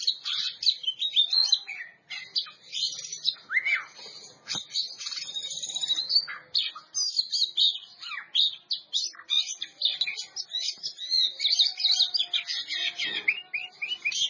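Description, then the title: Oriental magpie-robin in extended song, a dense, energetic mix of whistled notes, fast trills and buzzy chatter sustained throughout. Champion bird. "Kicau Burung Kacer Juara"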